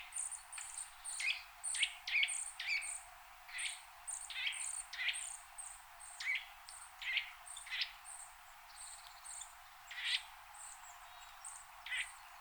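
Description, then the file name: Eurasian nuthatch giving a fast, irregular series of sharp call notes, roughly two a second. "Sitta europaea"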